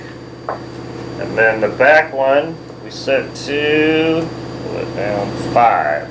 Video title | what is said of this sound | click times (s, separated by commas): PAUL Boxcar Stem | a click and then | 0.5 s